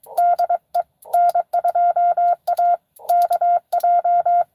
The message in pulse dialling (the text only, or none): none